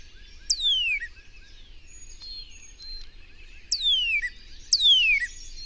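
Bird song: loud, clear whistles sweeping sharply downward, three phrases with pauses between, over a steady background chorus of other birds.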